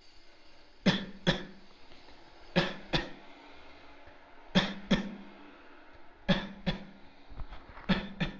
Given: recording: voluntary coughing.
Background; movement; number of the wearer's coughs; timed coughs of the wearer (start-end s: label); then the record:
traffic; sitting; 10
0.84-1.16 s: cough
1.24-1.58 s: cough
2.53-2.83 s: cough
2.91-3.30 s: cough
4.53-4.83 s: cough
4.88-5.23 s: cough
6.26-6.53 s: cough
6.65-6.89 s: cough
7.87-8.12 s: cough
8.20-8.35 s: cough
From the record:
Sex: male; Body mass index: 23.7 kg/m2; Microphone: on the chest, facing outward